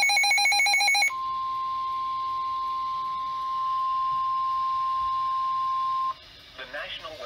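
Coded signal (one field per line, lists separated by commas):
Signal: Emergency Alert System (SAME) tones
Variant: 1050 Hz attention tone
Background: speech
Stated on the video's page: Severe thunderstorm warnings, tornado warnings and tornado watches received from NOAA weather radio.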